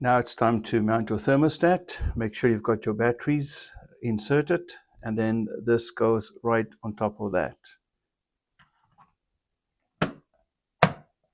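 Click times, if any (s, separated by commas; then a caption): 10.0 s, 10.8 s. A programmable thermostat body with its batteries inserted is pressed onto its wall-mounted base plate. Someone talks for most of the clip, then after a quiet stretch two sharp clicks are heard at 10.0 s and 10.8 s as the thermostat seats onto the plate, and the display starts flashing the date.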